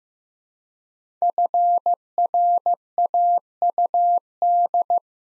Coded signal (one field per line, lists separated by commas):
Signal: Morse code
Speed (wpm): 15 wpm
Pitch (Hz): 700 Hz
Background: none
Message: FRAUD